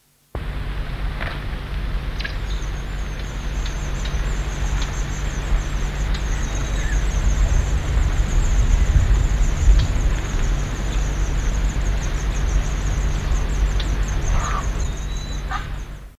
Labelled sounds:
White Wagtail (Motacilla alba) call
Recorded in the wild
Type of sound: call
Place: Steinhuder Meer, Niedersachsen, DE
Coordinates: 52.4734, 9.33772
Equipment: Halbspur, 9,5 cm/s
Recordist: Lütgens, Hans
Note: Im Nest, Ostturm

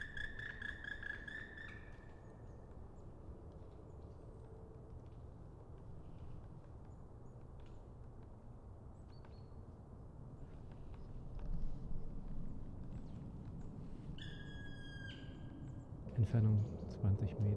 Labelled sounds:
Black Woodpecker (Dryocopus martius) call
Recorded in the wild
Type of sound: call
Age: adult
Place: Bernau bei Berlin, Bernauer Forst, Brandenburg, DE
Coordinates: 52.6936, 13.5414
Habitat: wood
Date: 2006-12-10 15:15
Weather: wolkenlos, ca. 8°C, schwacher Wind
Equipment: Sound Devices 702, Sennheiser MKH 70, Popschutz
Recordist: Frommolt, Karl-Heinz
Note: Waldgebiet bei Waldfrieden: Rufe eines Schwarzspechtes (krü-krü und kijäh) in der Nähe einer Bruthöhle (Buche). Tier gesehen. Entfernung 20 m

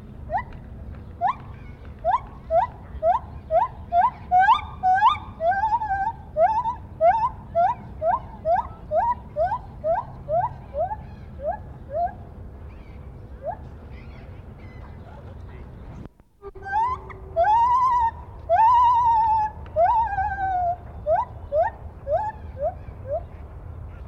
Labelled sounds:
Lar Gibbon (Hylobates lar)
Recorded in captivity
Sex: male
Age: adult
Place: Tierpark Berlin, Berlin, DE
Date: 1972-10-28
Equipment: Uher 4200 Report Stereo, Sennheiser MD 421
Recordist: Tembrock, Günter

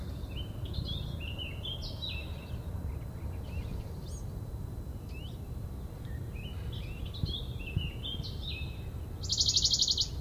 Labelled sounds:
Western Bonelli's Warbler (Phylloscopus bonelli)
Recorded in the wild
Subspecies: bonelli
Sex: male
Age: adult
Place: am Erdbeerberg bei Eningen unter Achalm, Schwäbische Alb, Baden-Württemberg, DE
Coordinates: 48.4833, 9.26667
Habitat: forested mountain side
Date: 1969-07-17
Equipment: Nagra III PH, MD 211, PES 26
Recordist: Schneider, Hans-Joachim

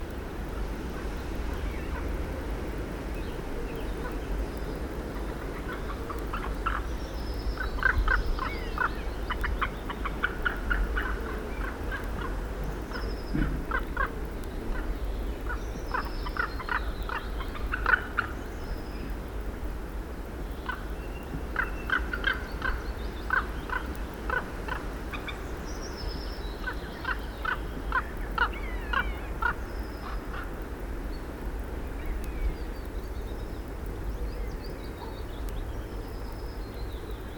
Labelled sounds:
White-tailed Eagle (Haliaeetus albicilla) call
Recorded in the wild
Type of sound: call
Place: Palmer Ort, Insel Rügen, Mecklenburg-Vorpommern, DE
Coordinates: 54.23, 13.39
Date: 1970-06-01
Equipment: Nagra III BH, Sennheiser MD 21, parabola
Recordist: Schubert, Michael
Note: Seeadler wird im Horstgebiet v. Paar Kolkraben attackiert

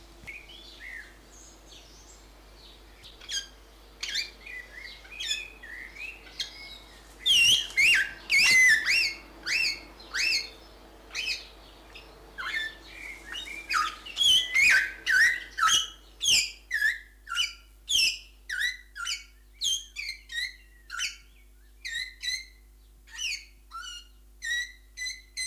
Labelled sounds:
Greater Vasa Parrot (Coracopsis vasa) call
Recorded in captivity
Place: Zoo Berlin, Berlin, DE
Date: 2004-06-07 17:07
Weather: heiter-wolkig, 25°C
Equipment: Sony WM-D6C, Sennheiser ME 80, Kopie Uher 4000 Report Monitor
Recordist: Tembrock, Günter

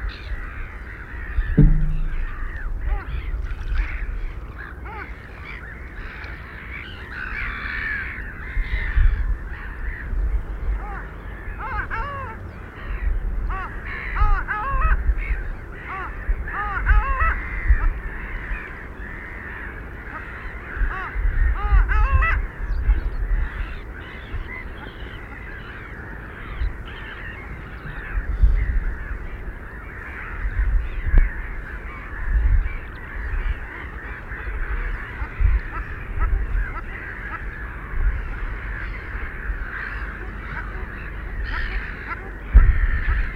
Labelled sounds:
Long-tailed Duck (Clangula hyemalis) call
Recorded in the wild
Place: Palmer Ort, Zudar, Insel Rügen, Mecklenburg-Vorpommern, DE
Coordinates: 54.269, 13.373
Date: 1971-03-21
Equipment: Nagra III BH, Sennheiser MD 21, parabola
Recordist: Schubert, Michael

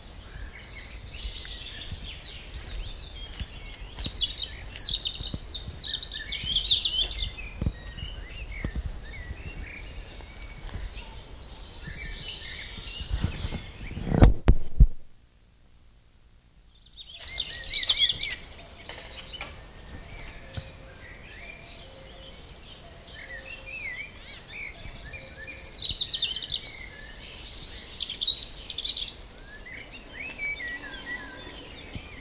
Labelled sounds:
European Robin (Erithacus rubecula) song
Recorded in the wild
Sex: male
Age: adult
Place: Lübars (Fließtal), Berlin, DE
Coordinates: 52.6167, 13.35
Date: 2000-05-14 18:25
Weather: fair, ca. 23°C
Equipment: Nagra SN, Kopie Uher 4000 Report Monitor
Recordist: Tembrock, Günter

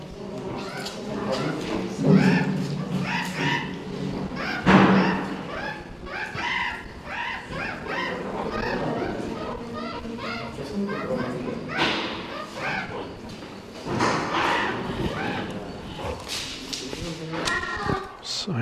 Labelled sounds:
Meerkat (Suricata suricatta) call
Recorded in captivity
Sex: diverse
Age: diverse
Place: Zoo Prag, CZ
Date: 1967-09-14 12:00
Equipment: Uher 4000 Report-S, Transistorverstärker II, Sennheiser MD 421
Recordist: Tembrock, Günter

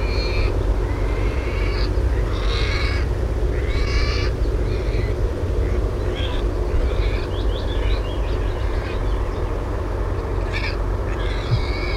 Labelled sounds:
Wild Boar (Sus scrofa) call
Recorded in the wild
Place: Altkünkendorf, Brandenburg, DE
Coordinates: 53.008, 13.875
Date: 1984-05-16
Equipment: Nagra III BH, Sennheiser MD 21, parabola
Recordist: Schubert, Michael

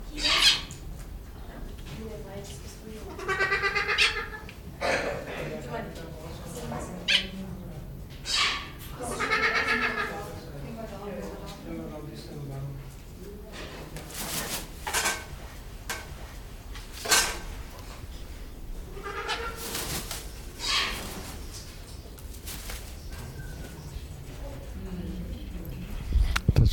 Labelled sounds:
Malabar Pied Hornbill (Anthracoceros coronatus) call
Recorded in captivity
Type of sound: call
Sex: male
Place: Zoo Berlin, Berlin, DE
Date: 1996-05-05 15:47
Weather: bedeckt, 8°C
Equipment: Sony MD-WM MZ-R3, Sennheiser MKH 416 T, Kopie Uher 4000 Report Monitor
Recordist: Tembrock, Günter
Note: Männchen an Nesthöhle (Weibchen eingemauert)

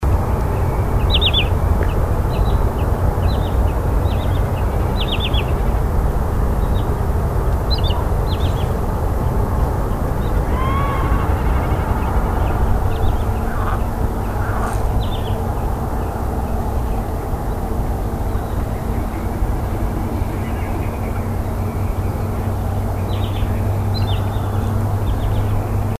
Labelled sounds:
Wood Sandpiper (Tringa glareola) call, Common Snipe (Gallinago gallinago), Northern Lapwing (Vanellus vanellus)
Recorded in the wild
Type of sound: call
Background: Gallinago gallinago, Vanellus vanellus
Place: Schwedt/Oder, Nationalpark Unteres Odertal, Brandenburg, DE
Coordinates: 53.0825, 14.331
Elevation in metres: 1
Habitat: wetland
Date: 2014-05-05 21:47
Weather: clear, 6°C, almost windless
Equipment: Sound Devices 702, Sennheiser MKH 70, Rycote Windschutz
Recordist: Frommolt, Karl-Heinz
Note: Friedrichsthaler Polder, nahe Papierfabrik Schwedt: Rufe von Bruchwasserläufern. Lärm der Papierfabrik

